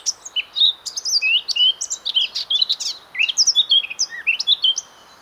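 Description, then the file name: Eurasian blackcap song, lively scratchy warbling mixed with short whistled slurs, delivered without a break until near the end. "Sylvia atricapilla"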